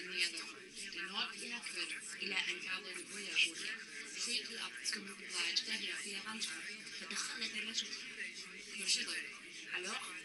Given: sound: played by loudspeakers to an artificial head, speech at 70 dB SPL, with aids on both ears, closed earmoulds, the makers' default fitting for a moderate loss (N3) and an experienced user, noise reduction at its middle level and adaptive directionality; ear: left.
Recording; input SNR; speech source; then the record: speech test signal (ISTS) in cocktail-party noise; 0 dB; on the right (90 degrees)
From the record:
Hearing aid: class 2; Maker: J